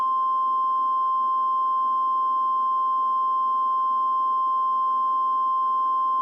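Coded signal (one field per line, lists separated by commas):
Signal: Emergency Alert System (SAME) tones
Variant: 1050 Hz attention tone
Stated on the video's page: Fictional EAS scenario with valid SAME tones, including the 1050 Hz tone in the first alert.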